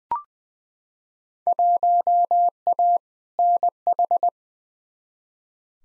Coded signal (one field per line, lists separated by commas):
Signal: Morse code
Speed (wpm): 20 wpm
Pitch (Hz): 700 Hz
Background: none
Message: 1A NH